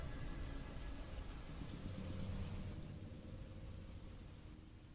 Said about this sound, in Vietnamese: Trời dần dần ngớt mưa, sấm chớp không còn nữa.